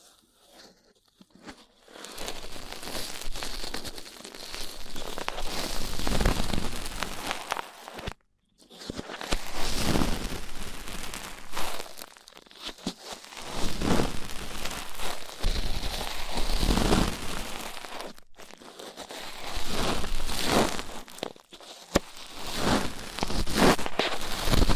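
Rough ear cleaning makes dense, scratchy crinkling and rubbing, loud and bright, in long bursts of several seconds. The rustling swells and fades irregularly, with brief silent gaps near 8, 18 and 21 seconds before the scraping resumes.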